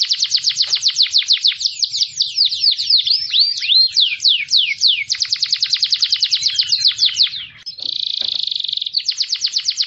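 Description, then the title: Canary song with fast, bright trills and looping whistled notes, then a short buzzy rolling phrase near the end before rapid trilling returns. "Kenari"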